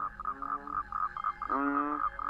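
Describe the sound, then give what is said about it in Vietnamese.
A chorus of frogs and toads croaks steadily past midnight, with rapid pulsing calls repeating around a midrange pitch and a lower, drawn-out croak rising in over the continuous night chorus. “bất giác tiếng cóc nhái nó kêu ở đâu, làm cho thằng Trung giật mình tỉnh giấc”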